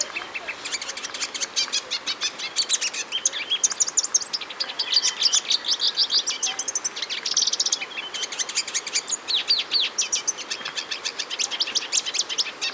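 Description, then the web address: Olivaceous siskin song: a long, dense run of high, buzzy twittering notes with rapid chatter and brief pauses, continuing throughout. Recorded in Ecuador. "Natures Songs S America Birds of Ecuador. Olivaceous Siskin"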